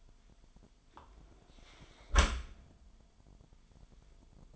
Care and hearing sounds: daily activity, microphone in the room; close dishwasher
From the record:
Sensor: 5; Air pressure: 998.3 hPa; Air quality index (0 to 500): 86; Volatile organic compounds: 2 ppm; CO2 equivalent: 981 ppm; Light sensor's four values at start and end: 20/46/19/21 and 19/46/19/21

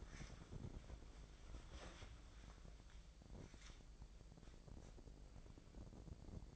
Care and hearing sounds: daily activity, microphone in the room; wipe stove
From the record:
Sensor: 5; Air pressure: 1012.4 hPa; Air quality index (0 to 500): 161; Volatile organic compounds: 2 ppm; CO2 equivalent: 1096 ppm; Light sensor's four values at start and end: 212/507/217/257 and 211/504/215/256

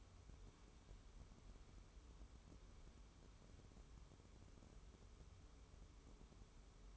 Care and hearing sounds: daily activity, microphone in the room; wipe stove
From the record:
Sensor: 1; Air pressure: 1015.1 hPa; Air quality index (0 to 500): 78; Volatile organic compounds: 2 ppm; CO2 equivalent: 1026 ppm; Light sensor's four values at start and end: 14/32/13/15 and 14/32/13/15

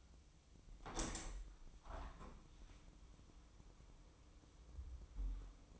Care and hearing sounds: daily activity, microphone in the room; open window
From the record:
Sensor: 1

